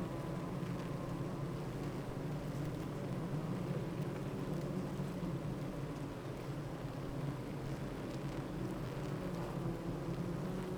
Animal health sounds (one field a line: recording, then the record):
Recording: honeybee colony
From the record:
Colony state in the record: active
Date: 28 July 2017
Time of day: 8:25